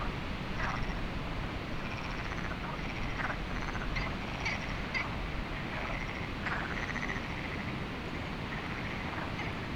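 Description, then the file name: Frogs calling, many short croaking notes in a busy overlapping chorus above a constant windy hiss. Lagoa do Canário, windy conditions, binaural recording. "Lagoado Canario frogs"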